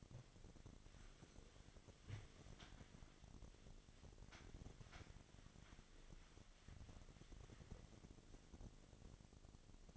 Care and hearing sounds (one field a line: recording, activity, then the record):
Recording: daily activity, microphone in the room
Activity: wipe stove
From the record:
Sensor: 4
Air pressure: 1007.8 hPa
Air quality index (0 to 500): 198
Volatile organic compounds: 7 ppm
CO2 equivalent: 1980 ppm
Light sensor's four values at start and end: 22/70/27/26 and 22/71/27/26